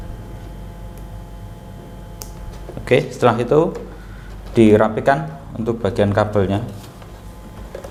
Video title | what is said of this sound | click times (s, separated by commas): Tutorial Menggunakan Printer Alfa Lite | ini sudah ada tandanya sendiri-sendiri kita pasang nah seperti ini Sampai bunyi klik Oke | 2.2 s